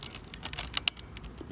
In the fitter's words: hear that good old snap now that